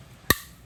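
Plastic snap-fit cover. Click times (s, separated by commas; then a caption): 0.3 s. Locking pliers press the plastic cover half of a conduit tee fitting onto its base half, one side and then the other, and the cover snaps shut with a sharp, bright click at 0.3 s, followed by a much fainter tick near 0.7 s. The cover is seated, closed with its seam pressed tight.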